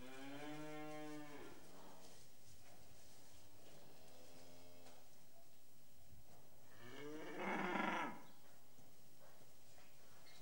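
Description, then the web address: Cattle calling repeatedly: a clear moo, two quieter moos, and a final harsh, rough bellow. "The BBC Sound Effects Library. Cattle"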